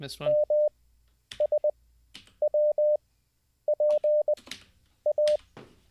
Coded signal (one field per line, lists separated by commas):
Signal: Morse code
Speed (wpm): 20 wpm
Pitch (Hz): 600 Hz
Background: speech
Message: MSWPA